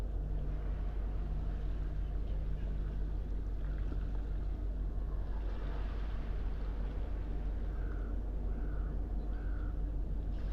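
A smooth sea at sunrise, a steady low wash with a constant hum like a distant engine running underneath. Nothing breaks sharply; a few short bird calls come through faintly near the end, three in quick succession.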